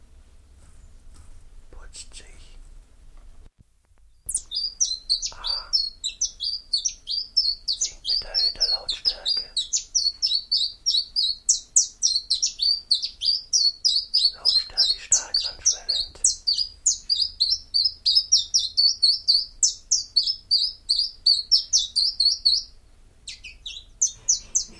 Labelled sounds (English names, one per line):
Common Chiffchaff song